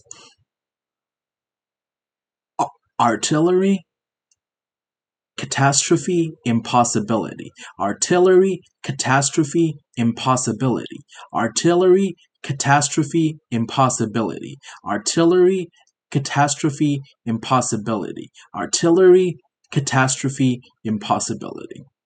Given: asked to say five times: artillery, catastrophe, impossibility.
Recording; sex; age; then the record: three words, each repeated; male; 20 to 29 years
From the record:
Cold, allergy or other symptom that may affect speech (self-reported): no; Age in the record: 21 years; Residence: Michigan, United States